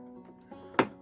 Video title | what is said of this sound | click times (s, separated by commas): How To Remove Shredded Threads from the Brother PE770 | rest will snap right in it's that post right under here in the back then | 0.8 s